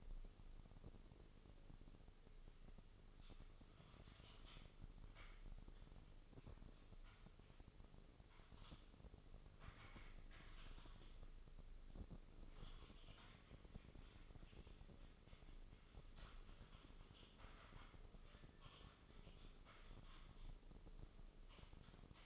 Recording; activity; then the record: daily activity, microphone in the room; typing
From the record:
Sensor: 4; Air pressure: 996.0 hPa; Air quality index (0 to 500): 64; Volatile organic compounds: 2 ppm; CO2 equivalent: 1142 ppm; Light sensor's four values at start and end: 18/49/19/20 and 18/49/19/20